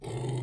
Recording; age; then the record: pig call; weaner (32 to 43 days)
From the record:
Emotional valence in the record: negative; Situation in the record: long isolation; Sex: female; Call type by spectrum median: low-frequency call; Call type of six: low-frequency stable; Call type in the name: low-frequency stable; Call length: 0.43 s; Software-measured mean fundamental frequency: 42 Hz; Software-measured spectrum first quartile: 129 Hz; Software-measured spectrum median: 282 Hz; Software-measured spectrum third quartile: 740 Hz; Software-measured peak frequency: 127 Hz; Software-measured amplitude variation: 131 dB a second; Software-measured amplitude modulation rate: 19.9 a second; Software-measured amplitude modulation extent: 6.6 dB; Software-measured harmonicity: 1.6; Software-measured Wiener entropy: -0.74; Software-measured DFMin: 924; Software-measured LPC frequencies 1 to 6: 805, 2063, 3009, 3658, 4372, 6797 Hz